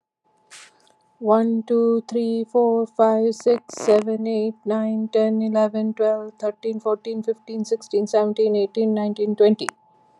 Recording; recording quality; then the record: counting at a fast pace; moderate, slight background noise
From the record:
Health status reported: COVID-19 positive, no symptoms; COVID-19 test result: positive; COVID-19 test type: rapid antigen test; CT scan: not taken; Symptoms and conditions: cough, sore throat, fatigue, muscle pain, hypertension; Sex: female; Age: 50 years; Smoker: no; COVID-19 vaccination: both doses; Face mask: not worn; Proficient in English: yes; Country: United States